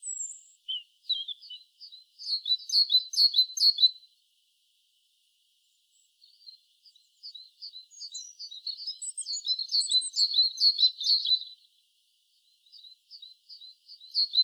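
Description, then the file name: Great tit giving high, chipping and slurred notes in loose bursts, some rapid runs of short notes, separated by brief quiet gaps; no other sounds stand out. "Parus major"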